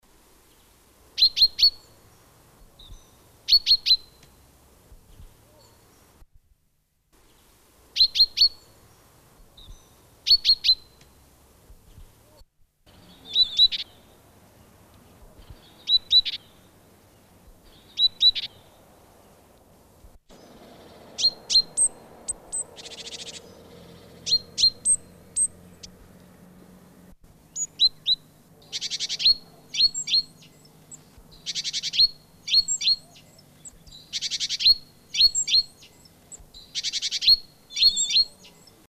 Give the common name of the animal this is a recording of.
Great Tit